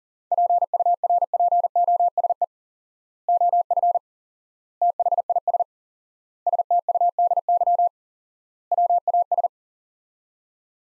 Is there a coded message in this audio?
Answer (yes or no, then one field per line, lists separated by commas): yes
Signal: Morse code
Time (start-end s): 0.3-9.5 s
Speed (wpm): 40 wpm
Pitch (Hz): 700 Hz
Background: none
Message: PURPOSE OF THIS STUDY WAS